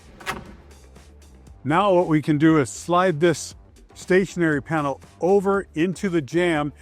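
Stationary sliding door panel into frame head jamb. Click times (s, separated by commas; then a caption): 0.2 s. A stationary glass sliding-door panel, with its bottom already in, is tilted in at the top until it locks into the frame's head jamb with a sharp click at 0.2 s. A few faint knocks follow, then someone talks. The panel is seated in the head jamb.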